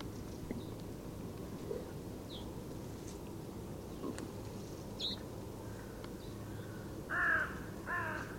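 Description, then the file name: Carrion crow with two harsh caws near the end, after scattered faint high chirps from small birds over a low background rumble. "Corvus corone"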